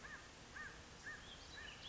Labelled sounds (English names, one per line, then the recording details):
American Crow
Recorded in Sonoma County, California